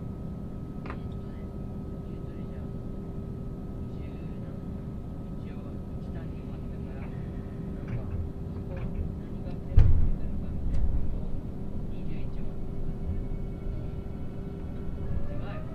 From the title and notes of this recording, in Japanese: 鉄道旅 予讃線特急いしづち101号 今治→松山。列車はアンパンマン編成の5両で4両が自由席になります。意外と学生が通学で利用するので混雑しています。停車駅は伊予北条のみで35分くらいノンストップになります。